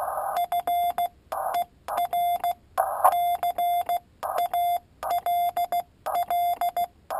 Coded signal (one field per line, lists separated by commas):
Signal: Morse code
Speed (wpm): 16 wpm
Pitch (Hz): 700 Hz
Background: none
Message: FER CALL